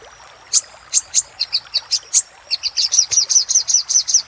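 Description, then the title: Little spiderhunter song: spaced sharp high notes, then a quick, even series of ringing chirps. Master recording used for training cage birds; 'Labaik' type of little spiderhunter song. "Masteran Burung Sogok Ontong Labaik"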